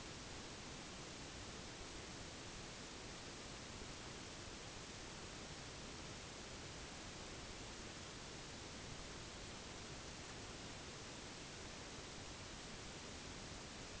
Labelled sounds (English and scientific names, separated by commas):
none